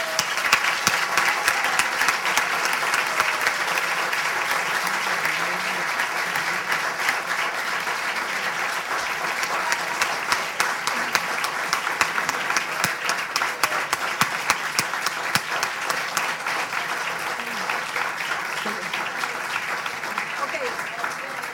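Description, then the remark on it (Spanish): Sustained audience applause for people from Talleres who stand up and are thanked for coming and accepting the invitation: a dense, steady wash of many hands clapping at an even loudness for about twenty seconds, with faint voices mixed underneath. “Miren, yo quisiera que los compañeros se pongan de pie detrás talleres para darle un aplauso por haber venido aquí, haber aceptado la invitación.”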